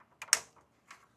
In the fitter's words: It should go right in, and you press until it snaps.